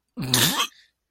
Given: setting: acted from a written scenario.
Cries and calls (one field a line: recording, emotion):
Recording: vocal sound without words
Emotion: disgust